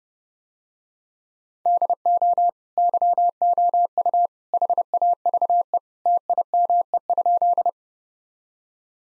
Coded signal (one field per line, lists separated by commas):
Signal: Morse code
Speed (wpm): 30 wpm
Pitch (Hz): 700 Hz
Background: none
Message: DO YOU HAVE TIME?